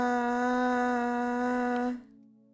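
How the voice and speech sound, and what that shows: A steady, clear two-second sustained 'ah' from a girl with a very rare speech disorder that makes it impossible for her to speak or form words or sentences; she can make only basic vowel-like sounds.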